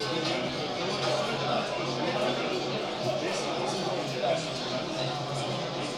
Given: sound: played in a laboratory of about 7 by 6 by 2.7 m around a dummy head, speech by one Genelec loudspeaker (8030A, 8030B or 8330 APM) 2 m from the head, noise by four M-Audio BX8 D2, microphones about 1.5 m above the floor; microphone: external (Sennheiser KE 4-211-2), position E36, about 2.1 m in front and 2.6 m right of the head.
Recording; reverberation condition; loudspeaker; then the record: cafeteria noise; medium; four, about 170 cm from the corners of the room and facing them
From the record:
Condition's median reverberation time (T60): about 510 ms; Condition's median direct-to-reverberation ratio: about -0.5 dB